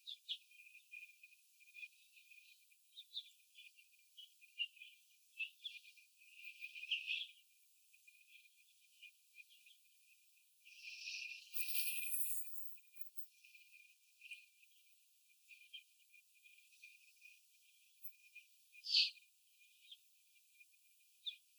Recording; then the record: young laying hens in a cage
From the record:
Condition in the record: after the stressor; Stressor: sudden umbrella opening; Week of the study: 2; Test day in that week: 1